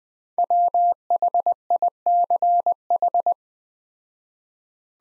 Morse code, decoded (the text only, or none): WHICH